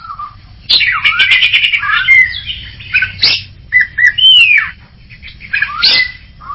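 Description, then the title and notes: Greater green leafbird song: varied, fast phrases of harsh chattering bursts mixed with slurred whistles and rising and falling notes, with brief pauses between phrases. Champion bird, chirping song. "Kicau Burung Cucak Ijo Juara. Suara kicauan burung cucak ijo"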